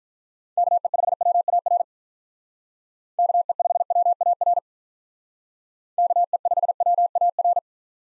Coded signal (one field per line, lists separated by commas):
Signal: Morse code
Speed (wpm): 43 wpm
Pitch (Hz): 700 Hz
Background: none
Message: KE5WAR KE5WAR KE5WAR